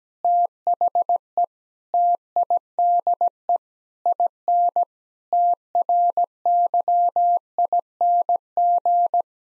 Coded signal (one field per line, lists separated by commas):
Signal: Morse code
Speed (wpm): 17 wpm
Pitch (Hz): 700 Hz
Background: none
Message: THE TIDE IN TRYING